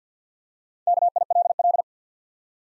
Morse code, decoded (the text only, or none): KILL